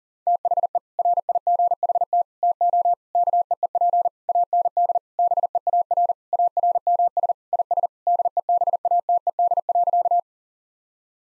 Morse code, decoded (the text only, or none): THE RIGHT TO KEEP AND BEAR ARMS IS DEBATED.